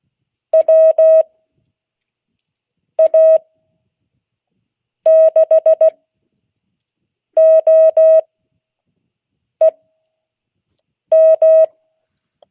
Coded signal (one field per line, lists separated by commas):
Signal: Morse code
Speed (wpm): 16 wpm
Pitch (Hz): 640 Hz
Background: none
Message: WA6OEM